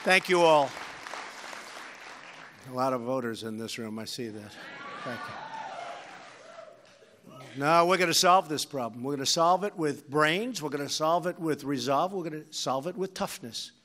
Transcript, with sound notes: Thank you all. A lot of voters in this room. I see that. Thank you. (Applause.) No, we’re going to solve this problem. We’re going to solve it with brains, we’re going to solve it with resolve, and we’re going to solve it with toughness.